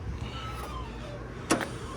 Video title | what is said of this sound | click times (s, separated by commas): 2021 Heartland Pioneer DS320 | fold them all the way in and you will have that audible click letting you know that this is locked in place behind there | 1.5 s, 1.6 s